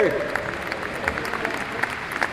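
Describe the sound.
Audience applause, a steady wash of many hands clapping with scattered sharper claps popping out, sustained at an even level throughout, with a brief trailing voice at the very start.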